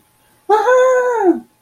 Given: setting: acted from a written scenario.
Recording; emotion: vocal sound without words; fear